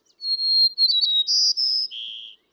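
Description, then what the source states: White-crowned Sparrow song: a clear, steady whistle that breaks into quick buzzy notes, then a few drawn-out buzzy notes, the last one lower. Listed among J. Drew Lanham's current favourite birds.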